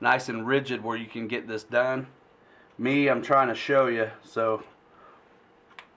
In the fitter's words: did you hear it click perfect